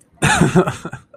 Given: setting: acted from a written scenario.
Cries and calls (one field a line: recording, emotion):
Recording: vocal sound without words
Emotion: amusement